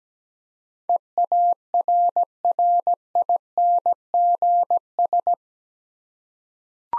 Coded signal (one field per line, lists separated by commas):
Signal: Morse code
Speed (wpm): 17 wpm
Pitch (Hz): 700 Hz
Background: none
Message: EARRINGS